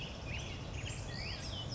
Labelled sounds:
Black-headed Grosbeak
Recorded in Sonoma County, California

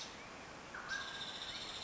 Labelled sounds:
Mountain Quail
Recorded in Sonoma County, California

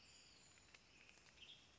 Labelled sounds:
Western Tanager
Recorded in Sonoma County, California

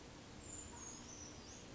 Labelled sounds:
Brown Creeper
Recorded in Sonoma County, California

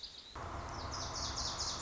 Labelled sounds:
Lazuli Bunting
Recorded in Sonoma County, California

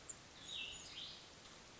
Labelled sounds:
Cassin's Vireo
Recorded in Sonoma County, California

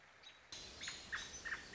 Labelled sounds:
American Robin
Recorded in Sonoma County, California

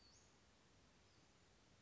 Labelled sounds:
Western Flycatcher
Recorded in Sonoma County, California

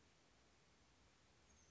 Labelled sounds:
Oak Titmouse
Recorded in Sonoma County, California

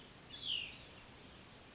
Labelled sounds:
Cassin's Vireo
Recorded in Sonoma County, California

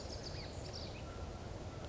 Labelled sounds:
Bewick's Wren
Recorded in Sonoma County, California

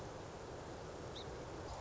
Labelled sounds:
Song Sparrow
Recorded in Sonoma County, California

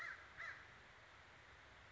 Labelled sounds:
American Crow
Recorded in Sonoma County, California

